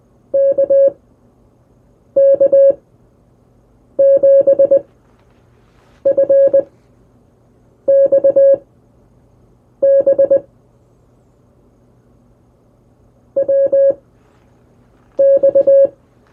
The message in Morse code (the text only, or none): KK7FXB WX